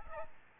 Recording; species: mosquito wingbeat signal from an infrared sensor; Aedes albopictus